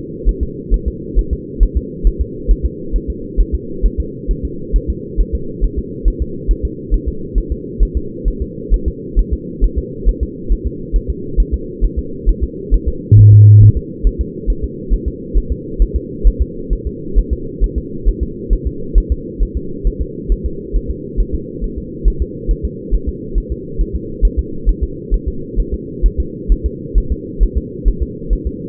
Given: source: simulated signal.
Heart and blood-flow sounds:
fetal heart sounds
0.29 s: S1
0.43 s: S2
0.74 s: S1
0.88 s: S2
1.19 s: S1
1.33 s: S2
1.63 s: S1
1.77 s: S2
2.07 s: S1
2.21 s: S2
2.51 s: S1
2.66 s: S2
2.96 s: S1
3.10 s: S2
3.40 s: S1
3.55 s: S2
3.86 s: S1
4.00 s: S2
4.31 s: S1
4.45 s: S2
4.76 s: S1
4.90 s: S2
5.20 s: S1
5.35 s: S2
5.64 s: S1
5.78 s: S2
6.08 s: S1
6.22 s: S2
6.51 s: S1
6.65 s: S2
6.94 s: S1
7.08 s: S2
7.38 s: S1
7.52 s: S2
7.83 s: S1
7.97 s: S2
8.28 s: S1
8.42 s: S2
8.74 s: S1
8.88 s: S2
9.19 s: S1
9.33 s: S2
9.64 s: S1
9.78 s: S2
10.09 s: S1
10.23 s: S2
10.52 s: S1
10.67 s: S2
10.96 s: S1
11.10 s: S2
11.40 s: S1
11.54 s: S2
11.84 s: S1
11.99 s: S2
12.29 s: S1
12.43 s: S2
12.74 s: S1
12.88 s: S2
13.19 s: S1
13.33 s: S2
13.63 s: S1
13.77 s: S2
14.07 s: S1
14.21 s: S2
14.50 s: S1
14.64 s: S2
14.94 s: S1
15.08 s: S2
15.37 s: S1
15.52 s: S2
15.82 s: S1
15.96 s: S2
16.27 s: S1
16.42 s: S2
16.73 s: S1
16.87 s: S2
17.18 s: S1
17.33 s: S2
17.64 s: S1
17.78 s: S2
18.08 s: S1
18.23 s: S2
18.53 s: S1
18.67 s: S2
18.98 s: S1
19.12 s: S2
19.42 s: S1
19.57 s: S2
19.87 s: S1
20.02 s: S2
20.32 s: S1
20.46 s: S2
20.76 s: S1
20.91 s: S2
21.20 s: S1
21.34 s: S2
21.64 s: S1
21.78 s: S2
22.08 s: S1
22.22 s: S2
22.51 s: S1
22.65 s: S2
22.94 s: S1
23.09 s: S2
23.38 s: S1
23.52 s: S2
23.81 s: S1
23.95 s: S2
24.25 s: S1
24.39 s: S2
24.69 s: S1
24.83 s: S2
25.14 s: S1
25.28 s: S2
25.60 s: S1
25.74 s: S2
26.06 s: S1
26.20 s: S2
26.52 s: S1
26.66 s: S2
26.98 s: S1
27.12 s: S2
27.43 s: S1
27.57 s: S2
27.88 s: S1
28.02 s: S2
28.33 s: S1
28.47 s: S2
From the record:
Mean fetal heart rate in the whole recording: 135 bpm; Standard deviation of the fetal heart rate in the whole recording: 3 bpm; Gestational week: 36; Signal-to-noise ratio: -4.3 dB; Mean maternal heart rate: 72 bpm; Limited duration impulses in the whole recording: present

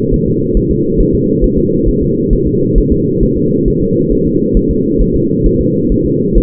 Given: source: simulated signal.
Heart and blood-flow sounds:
fetal heart sounds
0.14 s: S1
0.28 s: S2
0.57 s: S1
0.71 s: S2
1.00 s: S1
1.15 s: S2
1.44 s: S1
1.58 s: S2
1.88 s: S1
2.03 s: S2
2.33 s: S1
2.47 s: S2
2.78 s: S1
2.92 s: S2
3.23 s: S1
3.37 s: S2
3.68 s: S1
3.82 s: S2
4.12 s: S1
4.27 s: S2
4.57 s: S1
4.71 s: S2
5.01 s: S1
5.16 s: S2
5.46 s: S1
5.61 s: S2
5.92 s: S1
6.06 s: S2
6.38 s: S1
From the record:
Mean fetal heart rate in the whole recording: 135 bpm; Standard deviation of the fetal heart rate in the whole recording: 3 bpm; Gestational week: 36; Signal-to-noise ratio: -11.2 dB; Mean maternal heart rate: 72 bpm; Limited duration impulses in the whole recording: present

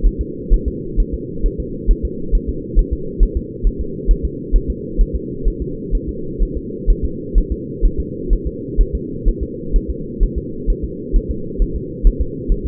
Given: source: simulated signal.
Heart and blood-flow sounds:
fetal heart sounds
0.06 s: S1
0.21 s: S2
0.53 s: S1
0.68 s: S2
1.00 s: S1
1.14 s: S2
1.46 s: S1
1.60 s: S2
1.91 s: S1
2.05 s: S2
2.35 s: S1
2.49 s: S2
2.79 s: S1
2.93 s: S2
3.23 s: S1
3.37 s: S2
3.67 s: S1
3.81 s: S2
4.11 s: S1
4.25 s: S2
4.56 s: S1
4.70 s: S2
5.01 s: S1
5.16 s: S2
5.48 s: S1
5.62 s: S2
5.95 s: S1
6.09 s: S2
6.43 s: S1
6.57 s: S2
6.90 s: S1
7.04 s: S2
7.38 s: S1
7.52 s: S2
7.85 s: S1
8.00 s: S2
8.33 s: S1
8.47 s: S2
8.81 s: S1
8.95 s: S2
9.28 s: S1
9.43 s: S2
9.76 s: S1
9.90 s: S2
10.23 s: S1
10.38 s: S2
10.70 s: S1
10.84 s: S2
11.16 s: S1
11.31 s: S2
11.62 s: S1
11.76 s: S2
12.07 s: S1
12.21 s: S2
12.52 s: S1
12.66 s: S2
From the record:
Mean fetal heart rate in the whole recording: 130 bpm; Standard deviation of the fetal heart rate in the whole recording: 4 bpm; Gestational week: 38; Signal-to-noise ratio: -4.3 dB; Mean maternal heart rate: 72 bpm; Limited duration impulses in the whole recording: present

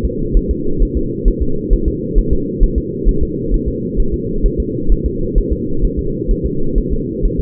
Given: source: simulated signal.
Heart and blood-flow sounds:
fetal heart sounds
0.05 s: S2
0.37 s: S1
0.51 s: S2
0.82 s: S1
0.97 s: S2
1.28 s: S1
1.42 s: S2
1.73 s: S1
1.88 s: S2
2.18 s: S1
2.33 s: S2
2.63 s: S1
2.78 s: S2
3.08 s: S1
3.23 s: S2
3.54 s: S1
3.68 s: S2
4.00 s: S1
4.14 s: S2
4.46 s: S1
4.60 s: S2
4.92 s: S1
5.06 s: S2
5.38 s: S1
5.53 s: S2
5.84 s: S1
5.99 s: S2
6.31 s: S1
6.46 s: S2
6.78 s: S1
6.92 s: S2
7.25 s: S1
7.40 s: S2
From the record:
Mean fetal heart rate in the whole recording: 130 bpm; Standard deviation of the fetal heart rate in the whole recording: 2 bpm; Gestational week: 38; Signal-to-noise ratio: -8.1 dB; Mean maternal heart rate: 72 bpm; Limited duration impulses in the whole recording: absent

